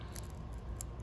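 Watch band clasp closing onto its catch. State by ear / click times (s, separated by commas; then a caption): seated / 0.8 s. The metal clasp of a wristwatch band is pressed closed onto its catch, with a faint tick near 0.2 s before a sharp, bright click at 0.8 s. The clasp seats shut, though this clasp is known to sometimes pop off while the watch is worn.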